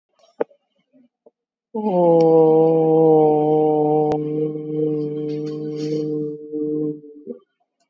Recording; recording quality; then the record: sustained vowel as in boot; excellent, no background noise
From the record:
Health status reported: COVID-19 positive, moderate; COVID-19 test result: positive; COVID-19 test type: RT-PCR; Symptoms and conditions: cough, cold, breathing difficulty, sore throat, fever, fatigue, muscle pain, loss of smell and taste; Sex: female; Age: 46 years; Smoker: no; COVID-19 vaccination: both doses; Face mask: worn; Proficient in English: yes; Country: India